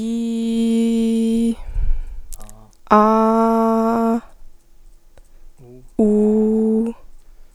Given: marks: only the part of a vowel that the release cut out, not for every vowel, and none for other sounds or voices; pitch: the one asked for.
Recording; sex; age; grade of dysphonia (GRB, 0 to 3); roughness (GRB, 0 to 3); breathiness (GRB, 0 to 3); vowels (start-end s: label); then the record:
sustained vowels; female; 20 to 29 years; 0; 0; 0
0.00-1.43 s: vowel /i/, normal pitch
2.99-4.11 s: vowel /a/, normal pitch
6.04-6.78 s: vowel /u/, normal pitch
From the record:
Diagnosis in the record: healthy voice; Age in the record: 21 years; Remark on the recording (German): Das ganze (NSP-)Signal hindurch ist ein Ticken im Hintergrund zu vernehmen.